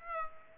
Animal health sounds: mosquito wingbeat signal from an infrared sensor; Aedes aegypti

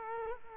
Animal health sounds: mosquito wingbeat signal from an infrared sensor; Culex quinquefasciatus

